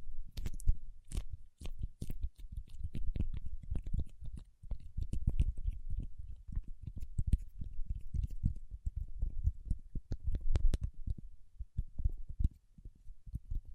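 Paraffin wax is tapped, scratched and peeled in dense, irregular low thuds and crackles, with sharper clicks snapping out every second or so throughout.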